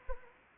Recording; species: mosquito wingbeat signal from an infrared sensor; Anopheles arabiensis